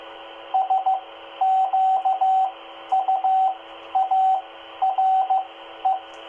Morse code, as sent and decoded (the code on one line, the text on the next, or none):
... --.- ..- .- .-. .
SQUARE